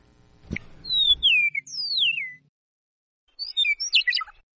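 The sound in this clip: Eastern Meadowlark song: clear, slurred descending whistles followed after a pause by a brief jumbled chattering phrase.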